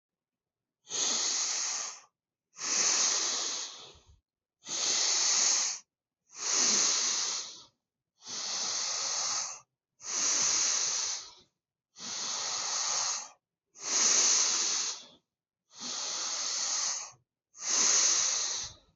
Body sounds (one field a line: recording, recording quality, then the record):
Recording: deep breathing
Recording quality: excellent, no background noise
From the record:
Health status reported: healthy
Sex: male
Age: 25 years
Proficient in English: yes